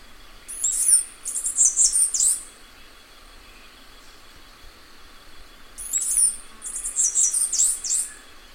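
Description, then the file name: Cicada song of two high, sizzling phrases of pulsed notes, each a couple of seconds long, separated by a pause of a few seconds. "canto da cigarra bambu"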